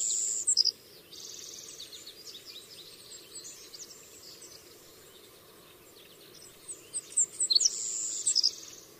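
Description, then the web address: Savannah sparrow singing, very high lisping notes and a drawn-out buzz, phrases at start and end, over a soft steady background hiss. North America. "Songs of Birds of North America. Savannah Sparrow"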